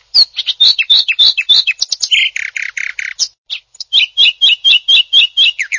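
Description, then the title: Greater green leafbird song: a fast, varied stream of high chirps, trills and buzzy notes, with a run of repeated looping whistles near the end. Champion-class songbird. "Kicau Burung Cucak Ijo Juara"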